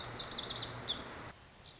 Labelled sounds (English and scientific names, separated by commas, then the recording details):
Lazuli Bunting (Passerina amoena)
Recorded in Sonoma County, California